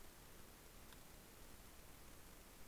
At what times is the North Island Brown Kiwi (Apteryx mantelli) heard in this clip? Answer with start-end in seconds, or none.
none